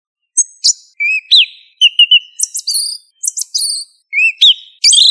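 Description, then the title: Thrush song of separated whistled notes and short warbled phrases, some rising sharply, others buzzy and high, delivered in irregular bursts with brief pauses. "Familia Turdidae - Sabia"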